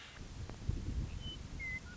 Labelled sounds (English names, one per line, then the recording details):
Western Meadowlark
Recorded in Sonoma County, California